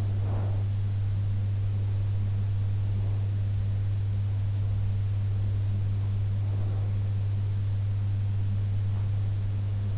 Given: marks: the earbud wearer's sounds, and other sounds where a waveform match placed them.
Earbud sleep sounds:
sounds in sleep by an in-ear microphone; breath
0.00-0.75 s: breath

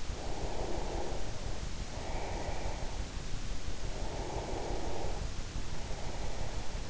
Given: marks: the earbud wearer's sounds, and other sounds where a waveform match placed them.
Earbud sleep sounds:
sounds in sleep by an in-ear microphone; breath
0.18-3.05 s: breath
3.84-6.90 s: breath

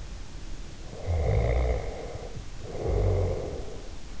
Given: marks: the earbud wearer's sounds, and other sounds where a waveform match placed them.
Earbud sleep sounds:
sounds in sleep by an in-ear microphone; snoring breath
0.89-3.88 s: snoring breath

